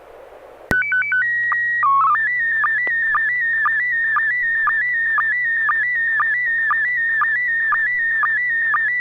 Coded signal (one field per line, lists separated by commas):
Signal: SSTV (slow-scan television)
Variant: PD 120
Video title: N6NA SSTV Net - 03/08/2023